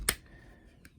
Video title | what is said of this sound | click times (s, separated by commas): Transformers Studio Series 86 slug (slag) and Daniel Witwicky review and comparisons | he's a as you just heard that that's a click for it locking in place | 0.1 s